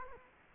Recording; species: mosquito wingbeat signal from an infrared sensor; Culex quinquefasciatus